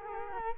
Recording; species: mosquito wingbeat signal from an infrared sensor; Culex quinquefasciatus